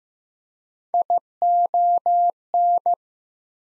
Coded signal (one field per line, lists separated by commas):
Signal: Morse code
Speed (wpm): 15 wpm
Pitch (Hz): 700 Hz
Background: none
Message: ION